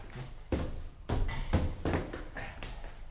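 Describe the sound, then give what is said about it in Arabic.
A door is pushed shut with a foot, with a run of dull wooden thumps and knocks, about five or six uneven impacts of moderate loudness, with no voices. “تعال، سأقول لك ما ينبغي أن نفعله، ولكن أحكم بقدمك إغلاق هذا الباب.”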